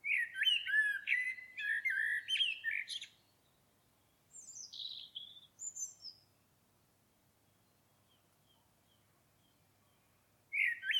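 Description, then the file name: Common blackbird giving a long, busy run of fluty warbles and scratchy notes, then high squeaky descending twitters, with a new phrase beginning at the end. "Turdus merula"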